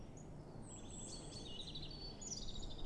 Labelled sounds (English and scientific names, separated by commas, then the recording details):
Common Chaffinch (Fringilla coelebs)
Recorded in Germany
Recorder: ecoPi